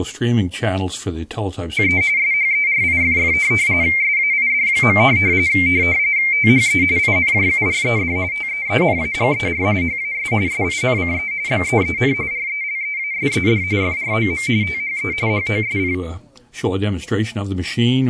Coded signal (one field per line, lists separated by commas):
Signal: RTTY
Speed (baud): 45.45 baud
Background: speech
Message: E SHERIFF SAID. THE INJURED TEENAGER HAS SINCE BEEN RELEASED FROM THE HOSP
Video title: RTTY Demodulator Upgrade